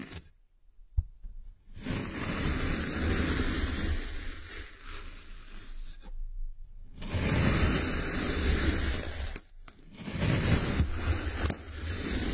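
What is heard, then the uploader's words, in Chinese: Dense rustling of kinetic sand in long sweeps, broken by brief silences near the start, around six seconds and just before ten. 动力沙触发，沙沙声。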